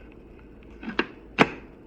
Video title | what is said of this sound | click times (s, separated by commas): Bell Bullitt Helmet Review And Motovlog Setup | that snaps in place, keeps your shield down, keeps it from rattling. | 1.0 s, 1.4 s